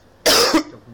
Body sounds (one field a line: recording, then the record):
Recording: coughing mixed with background sound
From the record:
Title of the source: Coughing 60